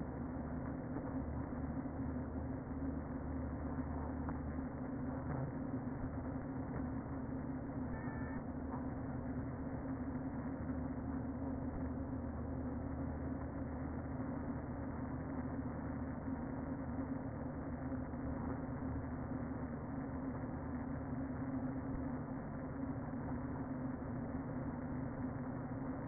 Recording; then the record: honeybee colony, microphone inside the hive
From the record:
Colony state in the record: queen present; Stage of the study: before two queens were removed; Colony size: about 60,000 bees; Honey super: yes